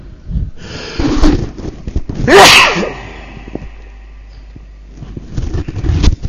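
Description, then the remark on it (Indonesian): A single loud, sharp sneeze bursts out with a bright hiss, preceded by a short intake of breath; quieter rustling and breathing noises follow, with a low rumble underneath. “Enggak ada anak dengar, alhamdulillah enggak ada yang mengucapkan irhamakallah.”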